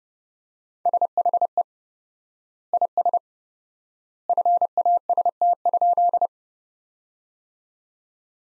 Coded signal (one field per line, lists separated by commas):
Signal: Morse code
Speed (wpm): 32 wpm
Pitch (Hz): 700 Hz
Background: none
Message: SHE IS FAST?